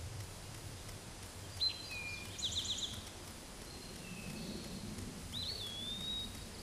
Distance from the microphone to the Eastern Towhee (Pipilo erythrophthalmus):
about 20 m